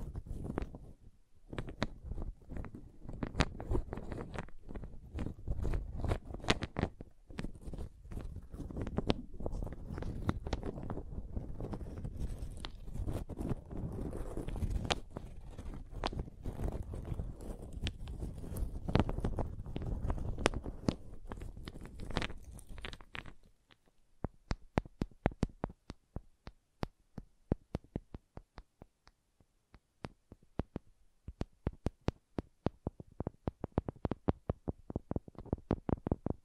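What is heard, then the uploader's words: Wood triggers: dense wooden tapping and crackling clicks for about twenty-three seconds, then sparser, sharper separate taps over near silence until the end. ASMR Calming Wood Triggers for Sleep (No Talking).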